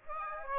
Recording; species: mosquito wingbeat signal from an infrared sensor; Aedes aegypti